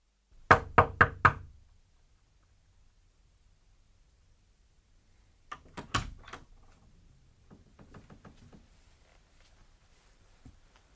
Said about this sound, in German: Ich habe geklopft, Sie haben offenbar nichts gehört.